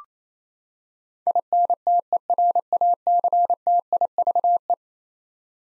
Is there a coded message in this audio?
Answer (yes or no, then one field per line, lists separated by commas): yes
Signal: Morse code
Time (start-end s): 1.3-4.7 s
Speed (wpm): 28 wpm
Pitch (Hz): 700 Hz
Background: none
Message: INTERACTIVE